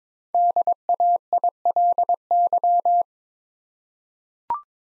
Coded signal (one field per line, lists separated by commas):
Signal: Morse code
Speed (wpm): 22 wpm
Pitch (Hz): 700 Hz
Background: none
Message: DAILY